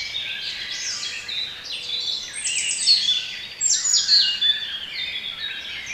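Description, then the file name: Birds, several singing at once, high sweet chirps and trilled phrases in a steady wash. Bird sounds for relaxation. "relaksacja odglosy ptakow"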